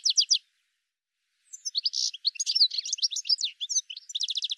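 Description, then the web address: Bird song beginning with a short fast trill, then after a pause a long jumble of high chirps, buzzy notes and a closing rapid trill. "cianscape birddata"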